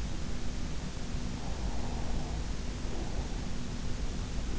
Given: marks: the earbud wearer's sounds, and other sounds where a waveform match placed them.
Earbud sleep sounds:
sounds in sleep by an in-ear microphone; breath
1.27-3.42 s: breath

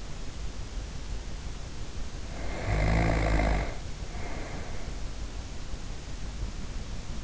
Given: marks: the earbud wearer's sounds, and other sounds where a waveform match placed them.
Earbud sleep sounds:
sounds in sleep by an in-ear microphone; snoring breath
2.10-5.27 s: snoring breath

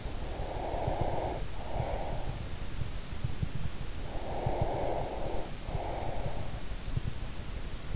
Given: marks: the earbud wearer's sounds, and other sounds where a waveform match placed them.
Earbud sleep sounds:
sounds in sleep by an in-ear microphone; breath
0.00-2.47 s: breath
4.02-6.73 s: breath

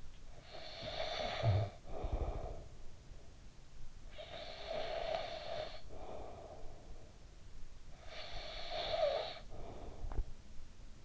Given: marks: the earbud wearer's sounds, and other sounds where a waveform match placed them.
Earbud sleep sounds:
sounds in sleep by an in-ear microphone; snoring breath
0.00-3.63 s: snoring breath
3.83-7.34 s: snoring breath
7.57-11.05 s: snoring breath

